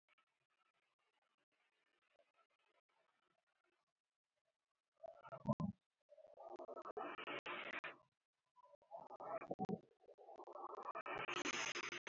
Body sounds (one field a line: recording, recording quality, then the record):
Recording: deep breathing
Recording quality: moderate, slight background noise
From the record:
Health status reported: healthy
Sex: male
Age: 31 years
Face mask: worn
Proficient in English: yes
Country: India